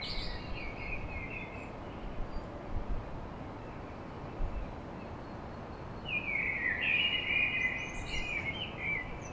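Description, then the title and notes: Common blackbird song: a brief fluty phrase at the start, then a longer warbled phrase ending in chattering notes, over a low noisy background. Song recorded at dawn in Paris. "Blackbird Poetry At Paris On. Enregistrement d'un chant de merle à l'aube dans Paris"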